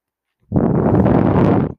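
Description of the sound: A steady low whooshing rumble of about one second: a home mechanical ventilator delivering a breath.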